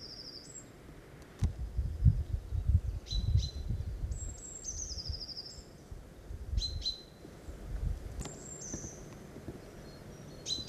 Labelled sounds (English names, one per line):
Eurasian Blue Tit song